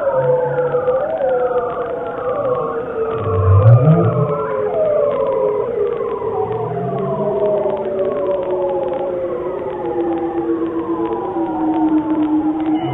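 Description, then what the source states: Bearded seal song: overlapping swooping glissandos, repeated downward-curving trills and a long descending tone, with deeper rising sweeps beneath. Males, recorded underwater with a special microphone; low-frequency, weird glissandos used to communicate over huge distances.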